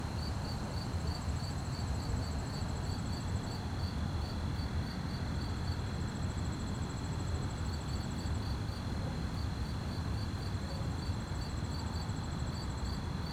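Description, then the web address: Rapid pulsed cricket chirping runs continuously while higher trills come and go in three separate bursts, over a persistent deep rumble. Fast-chirping crickets at night on a quiet street, with distant activity and slight wind; stereo. "GDC 2017-Game Audio Bundle Articulated Sounds - Quiet Streets QUIET STREET Night fast chirp crickets, distant activities, slight wind"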